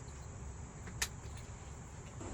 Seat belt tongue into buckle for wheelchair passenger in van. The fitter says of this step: and click into place